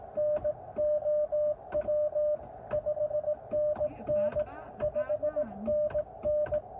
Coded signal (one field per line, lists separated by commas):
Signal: Morse code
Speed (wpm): 18 wpm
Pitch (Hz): 590 Hz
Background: radio noise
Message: NOW 5NN 5NN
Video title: First QRP CW POTA activation in a new park: Elecraft KX2 & K6ARK random wire. Albany Nursery WMA!